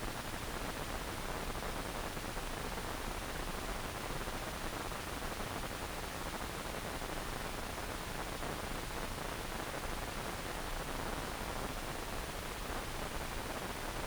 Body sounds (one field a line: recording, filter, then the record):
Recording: brain microelectrode recording played as sound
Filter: wide band, above 20 Hz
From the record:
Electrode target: subthalamic nucleus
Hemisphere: right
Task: reaching with the left hand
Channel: 1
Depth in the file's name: 1.506 mm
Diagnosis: Parkinson's disease